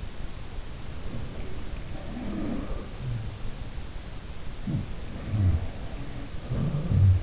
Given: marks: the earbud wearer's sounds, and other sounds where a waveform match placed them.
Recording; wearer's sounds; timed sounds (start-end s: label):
sounds in sleep by an in-ear microphone; breath
0.66-3.81 s: breath
1.97-3.62 s: sound from someone else or the room
4.49-7.23 s: sound from someone else or the room